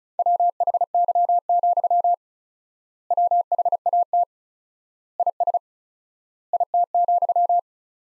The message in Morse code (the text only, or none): WHY, WHAT IS IT,